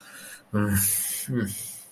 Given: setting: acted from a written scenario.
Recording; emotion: vocal sound without words; contempt